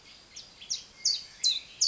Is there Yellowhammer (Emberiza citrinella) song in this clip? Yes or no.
no